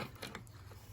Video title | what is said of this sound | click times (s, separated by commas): 200 Series Land Cruiser License Plate Lights Replacement | You'll hear it pop out, just like that. | 0.4 s